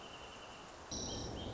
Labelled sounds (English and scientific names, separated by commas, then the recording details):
Wrentit (Chamaea fasciata)
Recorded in Sonoma County, California